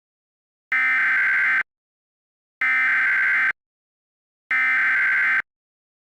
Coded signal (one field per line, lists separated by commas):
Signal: Emergency Alert System (SAME) tones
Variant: header bursts